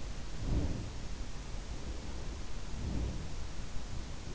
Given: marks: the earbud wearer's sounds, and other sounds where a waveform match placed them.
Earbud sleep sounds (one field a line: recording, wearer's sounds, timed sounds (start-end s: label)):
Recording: sounds in sleep by an in-ear microphone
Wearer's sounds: breath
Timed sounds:
0.36-0.96 s: breath
2.72-3.35 s: breath